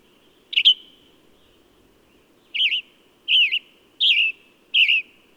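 Bird chirping: one bright note, then a two-second pause before four slurred chirps follow at roughly even spacing; faint hum underneath throughout.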